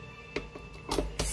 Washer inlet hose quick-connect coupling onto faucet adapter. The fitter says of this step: it in all the way let go and you hear that click